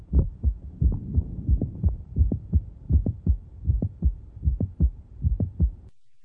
Mid-systolic click will move so close to S1 as to make it indistinguishable.